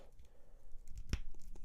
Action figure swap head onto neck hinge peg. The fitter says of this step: there now it's snapped into place there he is with the peter parker head on